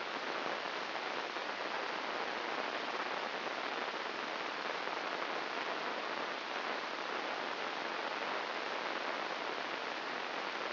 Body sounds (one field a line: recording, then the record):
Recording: brain microelectrode recording played as sound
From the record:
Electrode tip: inside the subthalamic nucleus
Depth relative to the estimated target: -2 mm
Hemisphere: right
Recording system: AlphaMap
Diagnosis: Parkinson's disease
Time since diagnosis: 8 years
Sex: male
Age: 57 years